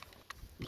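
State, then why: Released. A clamp holding fence wire between a wooden board and a metal T-post is undone. It lets go with a small, sharp pop at 0.3 s as the wire takes up the slack, followed by a fuller low thump near 0.6 s. The clamp is released.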